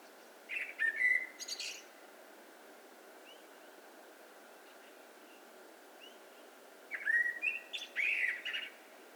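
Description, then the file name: Common blackbird song: two fluty, low whistled phrases each ending in a higher squeaky twitter, spaced about six seconds apart with quiet between. "Turdus merula"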